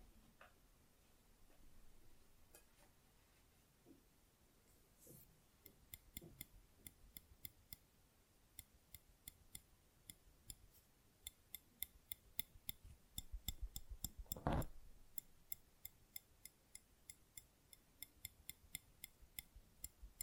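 Mic scratching: a run of sharp clicks and ticks, sparse at first and then coming quickly and fairly regularly from about five seconds on. Soft rubbing and low thumps sit underneath, with one louder scraping burst near fourteen and a half seconds.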